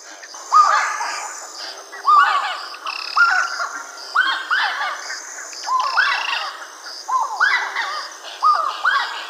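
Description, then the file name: Giant wood rail chorus of harsh, downslurred squawks in rhythmic bursts, several birds overlapping continuously throughout. Estancia 11 de Junio, 30 April. "Aramidesypecaha Estancia 11 de Junio 30 ABR 00"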